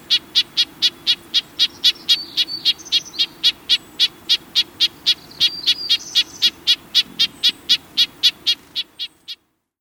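Red-breasted nuthatch giving a rapid, steady series of short high notes, about four per second, continuing for over nine seconds.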